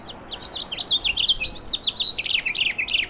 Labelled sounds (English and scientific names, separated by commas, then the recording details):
House Finch (Haemorhous mexicanus) song
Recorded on Long Island, New York, on 17 May 2012
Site AB
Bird C